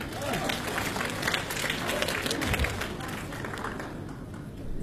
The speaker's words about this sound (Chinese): 大家掌声有请。